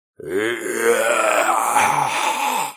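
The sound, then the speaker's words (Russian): A long, low, guttural moan from a dead kidnapper being brought back to life, sustained for nearly three seconds with a rough, gravelly texture and a slightly wavering pitch, steady in loudness before cutting off abruptly. “Мертвый похититель издал протяжный утробный стон, от звука которого у меня по спине табунами побежали мурашки, а желудок снова скрутился в мучительной судороге.”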